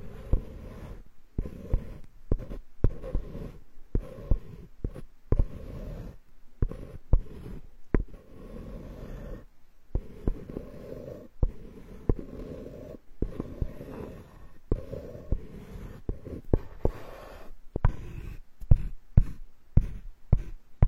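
Wooden sounds: dull, rough rubbing and scraping in the low and middle range, coming in uneven bursts broken by brief silences. Sharp knocks and clicks punctuate it throughout, growing more frequent and separated over the last few seconds.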